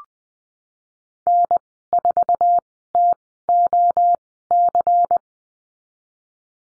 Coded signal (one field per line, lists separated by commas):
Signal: Morse code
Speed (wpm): 20 wpm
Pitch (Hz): 700 Hz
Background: none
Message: N4TOC